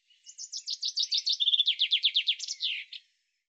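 Bird song with a quick sequence of high chirps, a brief flat note, several downward-sweeping notes and a trailing flourish, about three seconds long.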